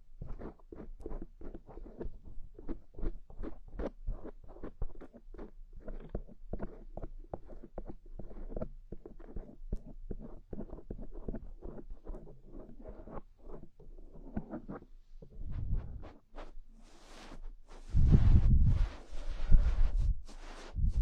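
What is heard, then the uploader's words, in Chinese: Ear cleaning with various sticks: dense rapid scratching and rubbing taps for fifteen seconds, then louder rough rustling and low thumps near the end. 用各种棒棒清理你的耳朵。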